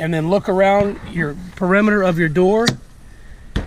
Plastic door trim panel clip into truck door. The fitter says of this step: and you should hear the doors click back in